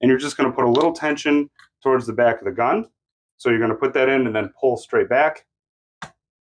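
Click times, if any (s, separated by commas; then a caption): 6.0 s. Someone talks while a small screwdriver is fitted in to put tension on the trigger guard of an M1 Garand rifle's trigger assembly, pulling it straight back toward the back of the gun. At 6.0 s a short, sharp click sounds as the trigger guard latch clicks free and the guard opens.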